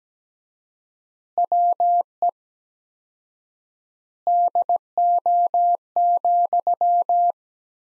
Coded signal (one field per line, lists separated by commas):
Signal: Morse code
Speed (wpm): 17 wpm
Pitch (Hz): 700 Hz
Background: none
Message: WE DO,